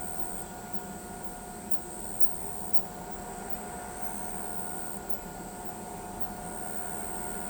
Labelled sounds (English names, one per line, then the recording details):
none
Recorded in pastures near Pivijay, Magdalena, Colombia, on 14 April 2023 at 22:30
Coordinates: 10.456, -74.369
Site P6-G026